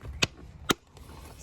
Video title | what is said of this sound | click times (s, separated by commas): NISSAN ROGUE AIR FILTER REPLACEMENT - No Tools Needed | these guys are gonna have to snap in place. | 0.2 s, 0.7 s